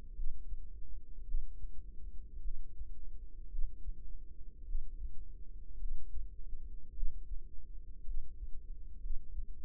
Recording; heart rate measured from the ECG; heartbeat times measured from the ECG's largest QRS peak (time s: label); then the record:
heart sounds by microphone in the right ear; 54 bpm
0.14 s: heartbeat
1.25 s: heartbeat
2.42 s: heartbeat
3.49 s: heartbeat
4.66 s: heartbeat
5.78 s: heartbeat
6.94 s: heartbeat
8.05 s: heartbeat
9.01 s: heartbeat
From the record:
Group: healthy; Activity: cold pressor test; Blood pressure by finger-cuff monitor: 113/69 mmHg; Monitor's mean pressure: 84 mmHg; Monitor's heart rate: 53 bpm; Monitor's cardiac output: 5 L/min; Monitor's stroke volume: 92 mL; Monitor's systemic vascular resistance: 1220 dyn s/cm5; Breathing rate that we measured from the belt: 21 breaths a minute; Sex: female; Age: 28 years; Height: 170 cm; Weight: 77 kg